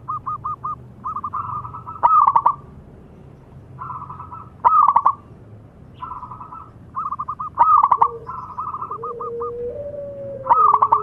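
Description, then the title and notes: Zebra dove song: rapid staccato cooing trills in short bursts, with louder rolling coos every few seconds and a softer, lower wavering coo near the end. Zebra dove actively singing. "Pancingan Perkutut Durasi Panjang. Suara Burung Perkutut Gacor"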